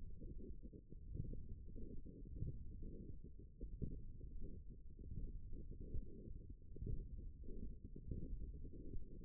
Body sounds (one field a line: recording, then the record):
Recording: forearm muscle sounds (acoustic myography)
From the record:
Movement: finger pinch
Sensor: system 1, eight BSWA MPA416 microphones around the upper forearm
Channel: 7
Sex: female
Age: 22 years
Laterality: right